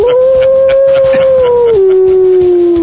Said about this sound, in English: Love it. Especially the Lobo howl there, because the Lobo's a wolf and that whole thing. It's fantastic.